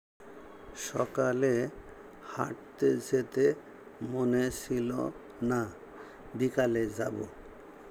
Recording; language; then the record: elicited speech; Bengali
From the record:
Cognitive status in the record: dementia